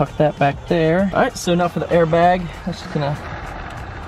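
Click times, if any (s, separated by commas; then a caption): none. While installing a GT350R steering wheel on a 1999 Mustang GT, someone talks as the airbag module connector is handled before plugging it into the steering wheel airbag. Nothing has seated or clicked yet.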